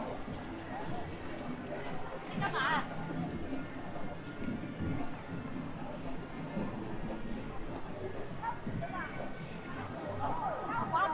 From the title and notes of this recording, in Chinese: 重庆洪崖洞。